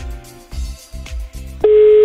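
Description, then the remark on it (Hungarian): A few short, low buzzy bursts give way to a loud, steady telephone line tone during a call attempt, holding one mid-range pitch without a break until the end. “Nem, mindjárt felhívjuk még egyszer.”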